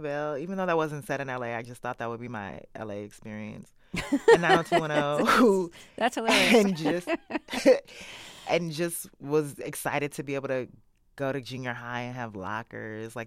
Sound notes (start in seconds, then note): 3.9 laughter; 6.2 laughter